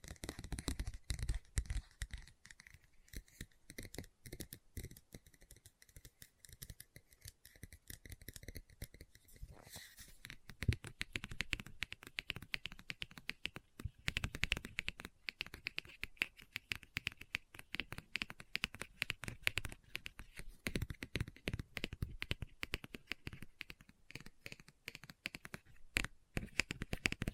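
A book is tapped and scratched in dense, rapid bursts of dry clicks and raspy strokes that continue almost without pause. The first ten seconds carry a steady faint hum underneath, then the scratching grows busier and rougher. Occasional louder taps stand out throughout.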